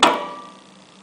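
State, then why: Seated. A blue print cartridge is pushed up into its carriage slot in an HP PSC 1350 Series inkjet printer. It snaps into place at 0.0 s with a sharp click that rings out and fades over about half a second. The cartridge is confirmed seated.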